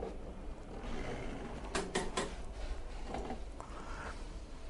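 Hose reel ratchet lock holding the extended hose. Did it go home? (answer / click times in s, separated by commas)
yes / 1.8 s, 2.0 s, 2.2 s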